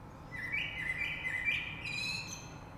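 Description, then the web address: Common blackbird singing one short, mellow, slurred fluting phrase ending in a thin high squeak. Recorded 3 March 2020. "oiseaux Rush Merle 3-3-2020"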